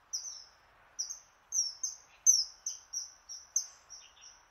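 Bird song of high, slightly slurred whistles, a couple of spaced notes then a quick run of repeated whistles that fades at the close.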